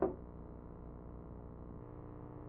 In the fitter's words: Insert it into the slot at the right, and you'll hear it click into place.